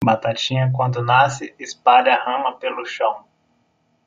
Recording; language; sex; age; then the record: short text; Brazilian Portuguese; male; 30 to 39 years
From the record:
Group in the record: control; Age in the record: 34 years